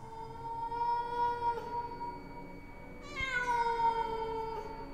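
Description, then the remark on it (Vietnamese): A cat meows from far off in two long, drawn-out wails, the second starting higher and sliding downward, with no voices around. “Có tiếng bước chân lạch cạch, tiếng khóc thút thít, tiếng mèo từ xa xăm truyền đến, tạo cùng với một bản hòa ca với con quạ ở bên ngoài sân.”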